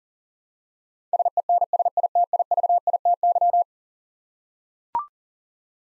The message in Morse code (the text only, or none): SENSITIVITY